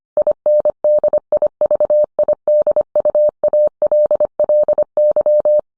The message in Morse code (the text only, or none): INDIVIDUALLY